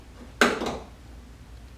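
A new rubber bump stop (buffer) with small plastic tabs is pressed into its mounting hole in the rear hatch of a Porsche 987 Cayman. A single sharp snap is heard at 0.4 s, then a brief decaying ring. The buffer is seated.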